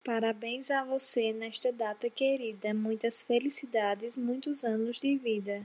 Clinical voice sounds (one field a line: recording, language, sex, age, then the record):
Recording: short text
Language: Brazilian Portuguese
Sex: female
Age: 20 to 29 years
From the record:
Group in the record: control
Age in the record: 21 years